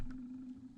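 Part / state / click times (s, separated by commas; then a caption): pin going into the lower receiver / not seated / none. A red slave pin is pushed out of a PSA AR15 lower receiver so the rifle's real pin can fall into position. A steady low hum is heard, with a faint tick at 0.1 s. Nothing has seated or clicked yet.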